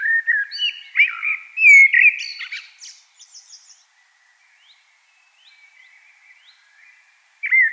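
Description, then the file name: Common blackbird delivering a rich fluting phrase that ends in a rapid squeaky chatter, then a long pause before the next phrase begins. "Turdus merula"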